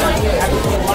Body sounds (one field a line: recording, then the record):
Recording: background sound without coughing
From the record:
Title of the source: Nightlife Party Simulating Party Club Noise 1 Hour